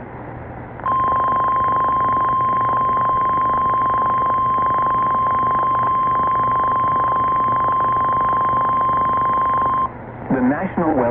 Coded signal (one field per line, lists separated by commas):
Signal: Emergency Alert System (SAME) tones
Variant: 1050 Hz attention tone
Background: speech